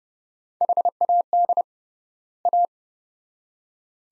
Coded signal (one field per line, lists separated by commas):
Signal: Morse code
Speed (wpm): 29 wpm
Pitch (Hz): 700 Hz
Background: none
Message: HAD A